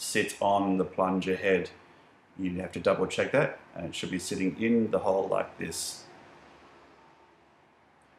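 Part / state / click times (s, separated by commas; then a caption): small cup onto brake plunger head in a skateboard drop-through brake / not seated / none. A small cup is lined up on the plunger head, seated in the hole of a skateboard brakeboard's drop-through brake assembly, while someone talks. The voice fades into quiet near the end. Nothing has clicked into place yet.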